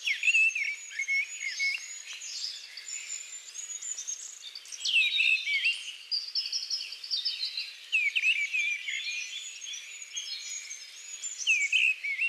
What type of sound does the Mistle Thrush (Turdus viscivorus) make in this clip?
song